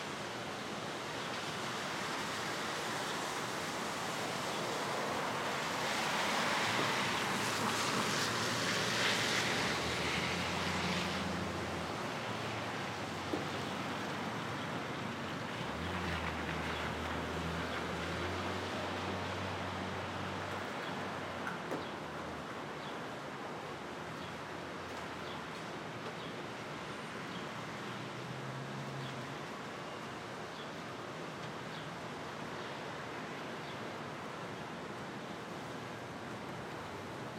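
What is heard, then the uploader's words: Rain hisses steadily over a rainy Brooklyn street while light traffic swells past, loudest around six to eleven seconds, with low engine rumbles throughout. Ext. Brooklyn. Rainy Day - Street - Light Traffic. Rainy Day - Street - Light Traffic by Bandeto.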